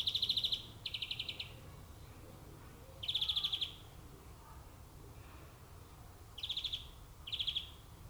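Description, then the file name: European greenfinch giving buzzy, rattling trilled calls in five short bursts, separated by quiet gaps. "Chloris chloris"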